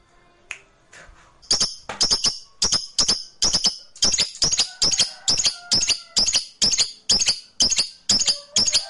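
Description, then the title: Lovebird song of harsh, high squeaky chirps in a steady run, one burst about every half second, continuing without a break after a quieter start. Lovebird described as reluctant to sing, with the recording intended to stimulate it into spontaneous, sustained singing. "LOVEBIRD Malas Bunyi JADI GREGET SPONTAN Langsung NARIK"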